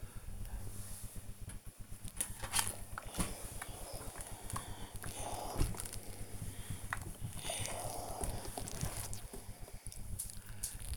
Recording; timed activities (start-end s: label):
household activities, microphone on the right wrist
0.00-10.97 s: ironing laundry